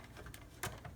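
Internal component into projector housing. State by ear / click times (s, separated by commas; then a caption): seated / 0.6 s. An internal component is pressed into the housing of a BenQ W700 projector during reassembly after a chip replacement. A light tap sounds at 0.3 s, then a sharper, louder snap at 0.6 s as the part seats. The component is confirmed snapped into place.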